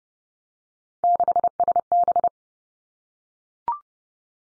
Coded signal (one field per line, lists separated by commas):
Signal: Morse code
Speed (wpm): 30 wpm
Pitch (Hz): 700 Hz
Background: none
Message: 6SB